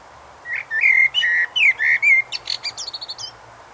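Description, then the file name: Eurasian blackbird song: a run of about six smooth fluty notes, ending in a quick series of thin, high, buzzy twitters. "Turdus merula"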